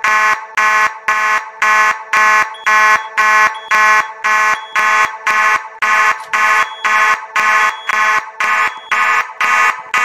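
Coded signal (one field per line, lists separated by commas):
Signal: alarm pattern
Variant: fast march time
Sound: buzzy fire alarm horn pulsing rapidly on and off, about twenty blasts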